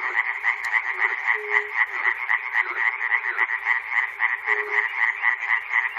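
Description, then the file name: Frogs calling in a loud overlapping chorus, rhythmic croaks pulsing rapidly, with two brief low tones. Recorded at Chernobyl. "peter cusack-chernobyl frogs"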